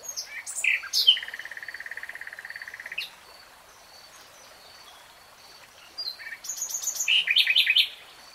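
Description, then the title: Nightingale song: sharp varied notes, a steady buzzy churring trill for two seconds, a pause, then a bright burst of rapid chattering phrases. Nightingale singing in real time. "[Tiếng chim hót] Nightingale Singing"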